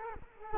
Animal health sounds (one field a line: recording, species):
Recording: mosquito wingbeat signal from an infrared sensor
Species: Culex quinquefasciatus